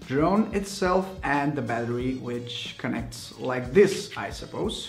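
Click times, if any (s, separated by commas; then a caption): none. A flight battery is handled at the rear of a small plastic Ryze Tello quadcopter toy drone (made with DJI) while someone talks throughout. The battery has not seated or clicked into place yet.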